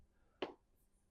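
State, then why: Seated. The front end of a 1/64 scale diecast and plastic Peterbilt 389 single-axle truck model is pressed onto its four chassis mounting pins, whose holes were drilled out with a 5/64 bit to clear glue and paint. A single sharp snap is heard at 0.4 s against quiet background. The front end seats easily onto the frame.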